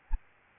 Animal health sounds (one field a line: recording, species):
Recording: mosquito wingbeat signal from an infrared sensor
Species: Aedes albopictus